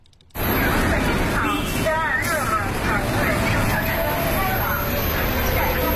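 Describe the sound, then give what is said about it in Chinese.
A route 126 city bus in Beijing rumbles steadily as it pulls into a stop, its low engine drone filling the scene while a wash of crowd chatter and street noise runs underneath, with a brief high squeal in the middle. “这是126路公交车进站时的声音，这段声音也伴随了这条线路上的乘客多年。”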